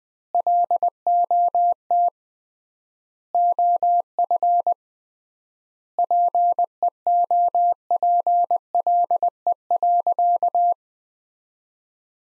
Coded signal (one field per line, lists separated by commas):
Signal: Morse code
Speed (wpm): 21 wpm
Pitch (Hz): 700 Hz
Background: none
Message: LOT OF PEOPLE.